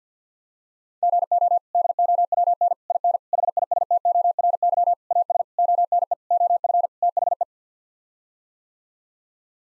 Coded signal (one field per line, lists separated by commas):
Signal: Morse code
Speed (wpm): 50 wpm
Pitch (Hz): 700 Hz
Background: none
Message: GO DOWN IN HISTORY AS ONE OF THE